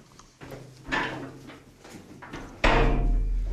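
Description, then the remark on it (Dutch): A heavy metal bunker door, in a bunker 5 metres below a house, grinds and scrapes open, with a couple of dull clunks followed by a loud, deep bang that leaves a low, rumbling resonance. No one speaks. “En dan zien we de eerste grote, zware metalen deur.”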